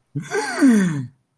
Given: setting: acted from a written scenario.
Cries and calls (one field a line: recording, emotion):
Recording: vocal sound without words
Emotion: elation